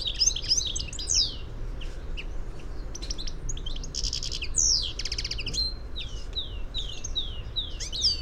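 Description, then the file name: European goldfinch twittering calls, a fast run of high, liquid chirps and slurred notes with a buzzy, rattling burst midway, repeating throughout over a steady low rumble. "Carduelis carduelis"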